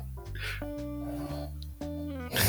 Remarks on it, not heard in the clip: My freaking dog having a freaking snore attack in the background.